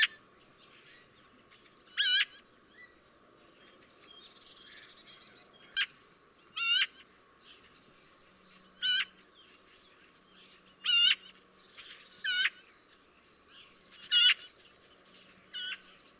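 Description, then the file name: Eurasian magpie calling with a series of harsh, grating chak notes at irregular intervals, some doubled, with faint twittering from other birds in the background. "Pica pica"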